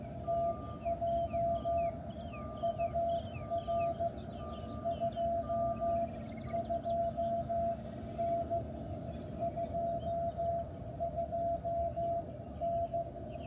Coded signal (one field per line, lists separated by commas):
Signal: Morse code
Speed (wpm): 15 wpm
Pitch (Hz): 660 Hz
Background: none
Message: TJ UR 22N 22N